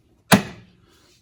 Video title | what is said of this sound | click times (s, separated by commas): Danby How-To: Change the filter on a Portable Air Conditioner | see it sticks out a little so you give it a little push and it actually clicks into place | 0.3 s